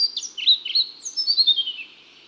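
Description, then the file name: European Pied Flycatcher song: two quick phrases of high, sweet notes sliding down and up, bright and slightly tinkling, over a quiet background. "Pied Flycatcher (Ficedula hypoleuca)"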